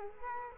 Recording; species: mosquito wingbeat signal from an infrared sensor; Culex quinquefasciatus